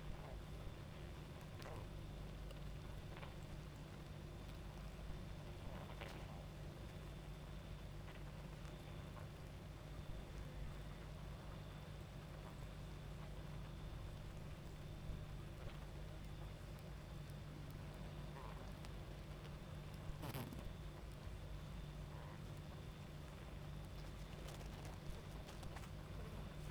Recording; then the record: honeybee colony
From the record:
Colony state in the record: active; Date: 28 July 2017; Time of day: 22:49